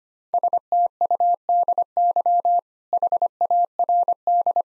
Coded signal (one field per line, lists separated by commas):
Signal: Morse code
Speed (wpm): 25 wpm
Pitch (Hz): 700 Hz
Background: none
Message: STUDY HARD